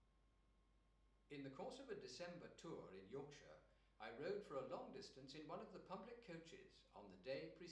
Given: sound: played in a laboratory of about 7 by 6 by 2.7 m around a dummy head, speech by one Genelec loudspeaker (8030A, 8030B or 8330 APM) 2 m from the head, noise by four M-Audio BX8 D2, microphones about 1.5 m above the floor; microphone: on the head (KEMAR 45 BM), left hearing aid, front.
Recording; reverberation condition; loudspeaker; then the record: male speech in English; medium; 120 degrees to the left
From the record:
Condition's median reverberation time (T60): about 510 ms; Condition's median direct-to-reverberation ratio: about -0.5 dB